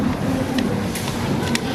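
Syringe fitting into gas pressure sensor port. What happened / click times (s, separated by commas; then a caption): The plastic fitting clicked onto the sensor port / 1.6 s. In a gas-law lab, a plastic syringe's fitting is pushed onto the port of a gas pressure sensor until it clicks into place at 1.6 s. A fainter, shorter snap is heard at 0.6 s over a steady low hum. The connector is seated.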